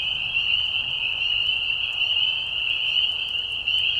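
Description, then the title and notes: Spring peepers call in a thick chorus of bright whistled peeps, forming a sustained high-pitched ringing over faint hiss. Peeper frogs giving a mating call in a marsh at night in spring, during a very short season; high, low-volume whistles; Tiny Marsh Conservation Area, Tiny, Ontario. "Peeper frogs in the spring. Peeper frogs in a marsh at night. This is a mating call that happens during a very short season in the Spring. The high whistles at a low volume. Recorded at the Tiny Marsh Conservation area in Tiny, Ontario. Recorded by Anton Pickard. Music for Sleep"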